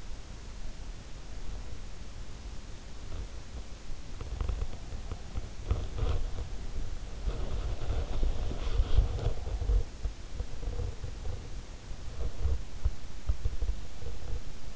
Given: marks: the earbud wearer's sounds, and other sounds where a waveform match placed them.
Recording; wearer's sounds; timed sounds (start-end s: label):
sounds in sleep by an in-ear microphone; body movement
2.99-14.76 s: body movement